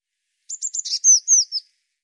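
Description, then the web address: Bird call: a few quick sharp chips followed by thin, high whistled notes that slur downward, all within about a second. "cianscape birddata Deverinetal 2025 File cleaned normalized Bird Cy Ca"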